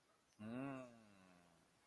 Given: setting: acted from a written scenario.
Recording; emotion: vocal sound without words; realization